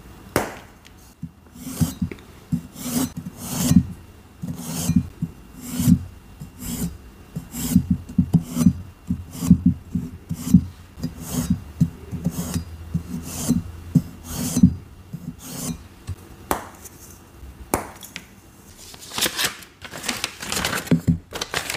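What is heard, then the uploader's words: Gym chalk is cut and shaved in quick, uneven scraping strokes, each a short gritty rasp with a low rubbing thud beneath. The strokes come densely for about fifteen seconds, then thin out into sparser, brighter scrapes and crumbly rustling toward the end. Cutting & Shaving Plain Gym Chalk Prep. ASMR triggers cutting, shaving, chopping gym chalk and more.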